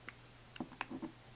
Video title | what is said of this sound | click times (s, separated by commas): Digital Camera Main Board Replacement | and then you turn this until it finds its own little home and you can feel it clicking in there | 0.8 s